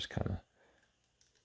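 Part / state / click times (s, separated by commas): memory card into digital camera card slot / seated / 1.2 s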